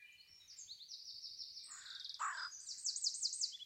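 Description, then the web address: Bird song: fast, varied high-pitched phrases, with quick trills and chirps and brief lower bursts midway, ending in a run of sharp repeated notes. "cianscape birddata Deverinetal 2025"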